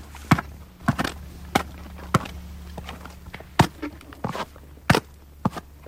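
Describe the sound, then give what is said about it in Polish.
A horse strikes the frozen-over water with the edge of its hoof again and again, trying to break the ice to drink, in sharp, irregular knocks and cracks, some loud and hard-edged, with quieter scrapes between them and a low steady hum underneath. “Jak spojrzymy, to ona nie uderza tak płaskim kopytem głupio, tylko stara się celować kantem, żeby rozbić ten lód.”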